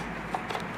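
A plastic DVD dummy tray is handled at the optical bay of a laptop, sliding in with low scraping and rubbing plus a few light ticks, one sharper tick around 0.3 s. Nothing has seated or clicked yet.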